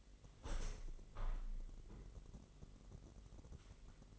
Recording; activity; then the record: daily activity, microphone in the room; open window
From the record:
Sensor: 4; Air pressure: 999.4 hPa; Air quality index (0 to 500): 118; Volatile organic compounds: 2 ppm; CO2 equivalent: 1168 ppm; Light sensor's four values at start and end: 16/40/16/18 and 16/40/16/18